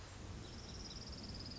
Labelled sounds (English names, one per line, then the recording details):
Orange-crowned Warbler
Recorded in Sonoma County, California